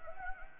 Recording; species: mosquito wingbeat signal from an infrared sensor; Anopheles gambiae